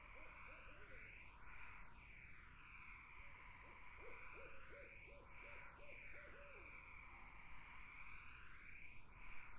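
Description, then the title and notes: Barred owl calls open with a few hoots, then a longer evenly spaced series midway, while a loud insect drone fills the background. Barred owls in a summer wetland. "Barred Owls in a Summer Wetland. The Wild Life"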